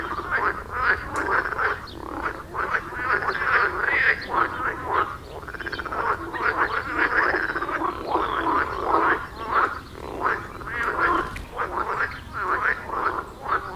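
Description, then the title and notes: Frogs calling in a thick, continuous chorus of rapid rasping croaks, many callers overlapping throughout. Frog chorus at the village pond in Wohlsborn, Germany; recorded with a TASCAM DR-40X. "Wohlsborn, Deutschland - Froschkonzert. Frog concert. Froschkonzert am Dorfteich in Wohlsborn"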